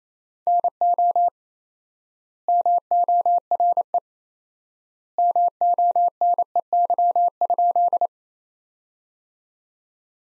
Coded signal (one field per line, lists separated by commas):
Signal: Morse code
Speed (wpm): 28 wpm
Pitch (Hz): 700 Hz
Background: none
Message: NO MORE MONEY?